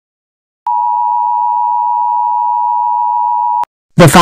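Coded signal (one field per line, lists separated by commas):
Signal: Emergency Alert System (SAME) tones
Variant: 853 and 960 Hz attention tone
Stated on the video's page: Fictional EAS scenario.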